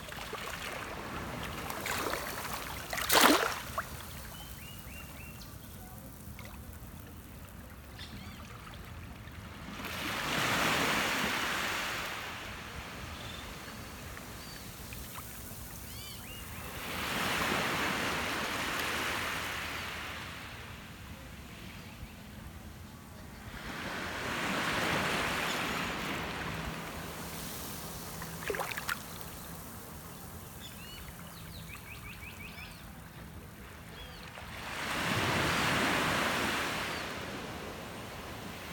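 Shoreline surf washes in as slow, hissing swells about every seven seconds, each rising and fading over a few seconds between quieter gaps. A sharp knock stands out near the start, and a faint low hum, like a boat engine, runs underneath.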